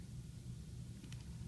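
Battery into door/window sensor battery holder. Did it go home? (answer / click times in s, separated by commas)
no / none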